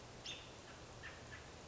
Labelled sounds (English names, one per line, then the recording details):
American Robin
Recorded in Sonoma County, California